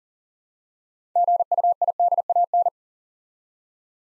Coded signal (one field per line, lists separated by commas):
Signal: Morse code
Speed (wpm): 41 wpm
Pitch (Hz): 700 Hz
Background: none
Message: GUIDAN